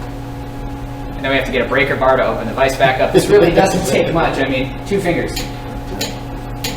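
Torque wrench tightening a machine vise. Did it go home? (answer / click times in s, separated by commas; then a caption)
yes / 6.0 s, 6.6 s. A torque wrench set to 30 foot-pounds tightens a machine vise while someone talks over a steady background hum. The wrench gives two sharp clicks at 6.0 s and 6.7 s, signaling that the set torque has been reached.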